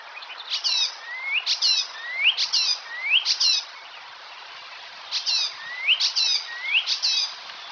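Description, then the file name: Icterine warbler song: bright, varied phrases of rising whistles and rapid chattering notes, delivered in short bursts about every second with brief pauses between. "Härmsångare - Hippolais icterina"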